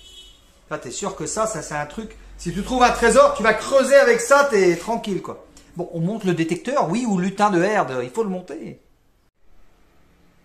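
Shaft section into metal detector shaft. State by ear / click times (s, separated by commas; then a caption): not seated / none. While a metal detector is being put together, one section of its plastic/metal tube shaft is handled to be joined to the next section as someone talks throughout. Nothing has seated or clicked yet; the clip ends before the section goes home.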